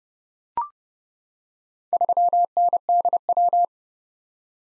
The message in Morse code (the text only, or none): 3NDW